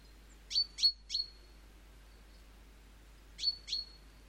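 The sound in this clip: Great tit calling with a quick run of three sharp high notes, then a pause and a further pair of similar ringing notes.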